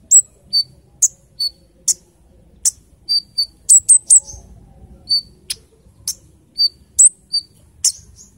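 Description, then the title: Small bird giving sharp, very high chirps, short separate notes alternating between two pitches, repeated irregularly about every half second to a second over quiet background. "Burung Kecil 1"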